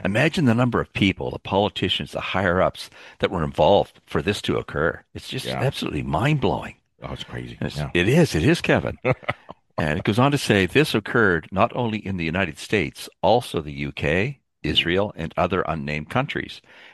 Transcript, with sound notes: Imagine the number of people, the politicians, the higher-ups that were involved for this to occur. It's just-
Yeah.
... absolutely mind-blowing.
That's crazy, isn't it? Yeah.
It is, it is, Kevin.
(laughs)
And it goes on to say, "This occurred not only in the United States, also the UK, Israel, and other unnamed countries.